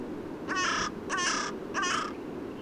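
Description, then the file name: Carrion crow giving three harsh, hoarse caws, each about a third of a second long, spaced roughly evenly over two seconds. "Corvus corone"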